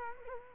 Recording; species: mosquito wingbeat signal from an infrared sensor; Culex quinquefasciatus